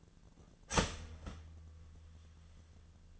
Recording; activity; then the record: daily activity, microphone in the room; start toaster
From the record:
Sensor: 4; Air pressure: 1010.1 hPa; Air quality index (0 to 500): 178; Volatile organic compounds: 5 ppm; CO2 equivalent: 1804 ppm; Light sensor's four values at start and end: 22/67/26/26 and 23/69/27/27